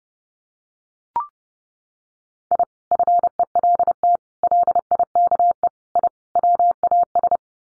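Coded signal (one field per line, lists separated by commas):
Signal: Morse code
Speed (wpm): 30 wpm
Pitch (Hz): 700 Hz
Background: none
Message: I FELT LIKE I WAS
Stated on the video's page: Morse code practice for head-copying five-word sets at 30 wpm.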